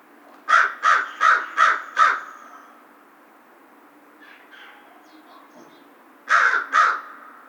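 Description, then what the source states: American crow giving a rapid run of five harsh caws, a few seconds of quiet with faint sounds, then two more caws. Recorded 2 March 2010.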